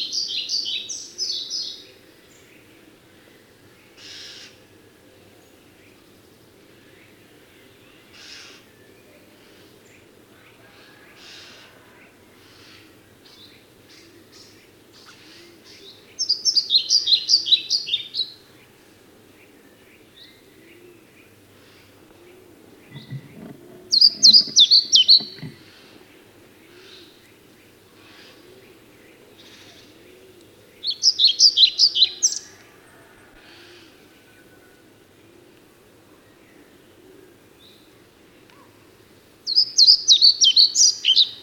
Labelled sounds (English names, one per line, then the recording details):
European Pied Flycatcher song
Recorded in the wild
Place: Lütow, Insel Usedom, Mecklenburg-Vorpommern, DE
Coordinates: 54.032, 13.888
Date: 1975-06-15
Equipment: Nagra III BH, Sennheiser MD 21, parabola
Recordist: Schubert, Michael
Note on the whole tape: Gesang Trauerschnäpper